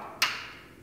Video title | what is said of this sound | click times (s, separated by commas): RV4 Cowling Installation - Part 1 | Turn the fastener until you hear it lock. There. | 0.2 s